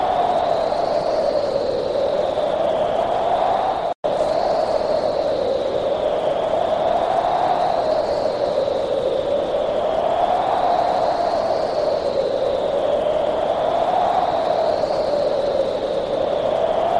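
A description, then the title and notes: Wind moans steadily, its low hollow tone slowly rising and falling in gentle swells every few seconds, with a faint thin whistle above following the same waves. A dense constant rush underlies it, broken only by a brief silent cut near four seconds. Windy. Those lovely autumn days when the sun is shining and just a little feeling of cold in the air.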